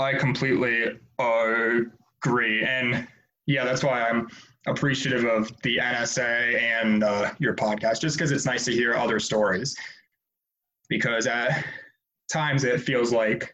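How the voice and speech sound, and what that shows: A young man speaks in conversation with stretched vowels, drawn-out 'um' fillers and a held pause before 'agree', with stretches of fairly fluent speech between these breaks. The prolongations and blocks fit a mild to moderate stutter, present since he started talking, with severity that has had ups and downs and speech therapy off and on through school.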